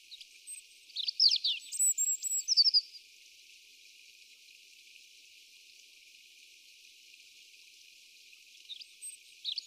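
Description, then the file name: European robin song, a brief burst of quick squeaky notes and thin drawn-out whistles, then a pause before faint high notes return at the end. "Erithacus rubecula"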